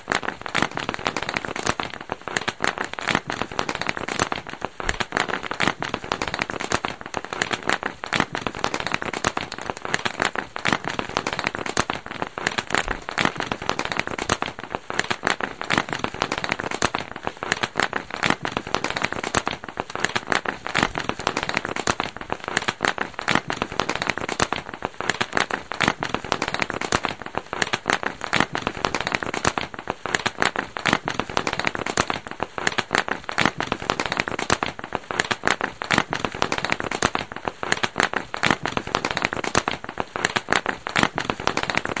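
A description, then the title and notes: Bubble wrap popping in a dense, continuous crackle of sharp snaps that never lets up across the whole stretch. The pops come fast and irregular, bright, overlapping like fireworks crackle or hard rain, with a crinkling plastic texture between them. Bubble-wrap pop. Bubble wrap popping at Dorchminster Mansion. Recorded by Dan Bodah, October 2008.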